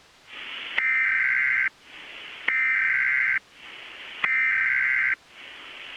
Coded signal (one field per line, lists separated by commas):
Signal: Emergency Alert System (SAME) tones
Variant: header bursts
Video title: DAYBREAK AT MIDNIGHT (AN EAS/ANALOG HORROR MOCK)